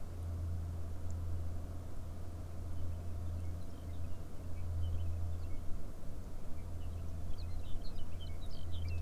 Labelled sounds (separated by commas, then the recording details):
songbird, aircraft
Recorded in the Arctic National Wildlife Refuge, Alaska, on 21 May 2019 at 12:20
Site 38